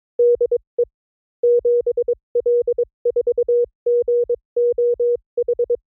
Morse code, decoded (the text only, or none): DE 7L4GOH